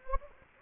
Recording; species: mosquito wingbeat signal from an infrared sensor; Anopheles gambiae